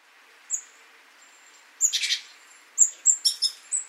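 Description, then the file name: Great tit calls: thin high-pitched notes, then a short harsh, scratchy burst, followed by a quick run of sharp high notes. "Parus major"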